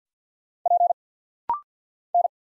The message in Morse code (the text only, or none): P N